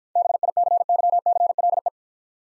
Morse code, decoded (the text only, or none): BICYCLE